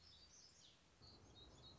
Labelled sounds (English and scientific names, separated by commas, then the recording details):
Black-throated Gray Warbler (Setophaga nigrescens)
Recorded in Sonoma County, California